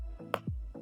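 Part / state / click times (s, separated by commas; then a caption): seat cover plastic retainer clips into seat frame / seated / 0.3 s. Plastic seat cover retainer clips on a Ford Lightning seat are pushed into the seat frame, and a single sharp snap is heard at 0.3 s against a steady low tonal background. All three clips are seated.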